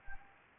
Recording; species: mosquito wingbeat signal from an infrared sensor; Anopheles gambiae